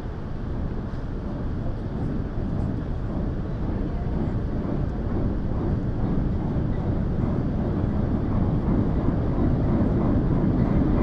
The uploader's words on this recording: Field recording of the Sandbanks Ferry, sailing from Shell Bay to Sandbanks in Dorset. Gear: Sony PCM-M10 built-in mics.